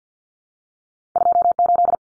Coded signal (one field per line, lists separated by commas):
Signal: Morse code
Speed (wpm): 50 wpm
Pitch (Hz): 700 Hz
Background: none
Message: 28